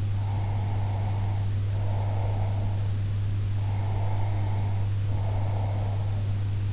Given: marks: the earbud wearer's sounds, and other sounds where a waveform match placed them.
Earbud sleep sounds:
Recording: sounds in sleep by an in-ear microphone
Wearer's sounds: breath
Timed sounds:
0.14-2.94 s: breath
3.57-6.29 s: breath

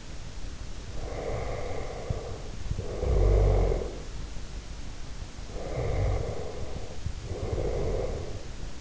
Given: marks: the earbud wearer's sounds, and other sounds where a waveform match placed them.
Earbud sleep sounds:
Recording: sounds in sleep by an in-ear microphone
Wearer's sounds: snoring breath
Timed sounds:
1.02-4.20 s: snoring breath
5.63-8.81 s: snoring breath

